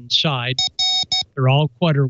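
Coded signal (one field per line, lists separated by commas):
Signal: none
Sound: background music synth notes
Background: speech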